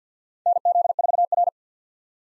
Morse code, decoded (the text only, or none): NZ4R